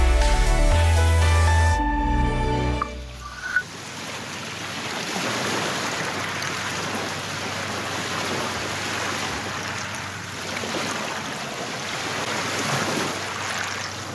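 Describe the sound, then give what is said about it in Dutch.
After a brief burst of music at the start, waves of the Waal river lap steadily on a small beach at Millingerwaard, a continuous soft wash of water with gentle rising and falling surges, and a high, fine crackle of shells and pebbles clicking together on the bank. No voices. “Golven slaan op een strandje aan de Waal, Millingerwaard.”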